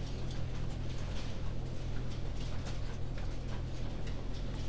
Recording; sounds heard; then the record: poultry house recording; no chicken sound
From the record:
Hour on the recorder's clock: 20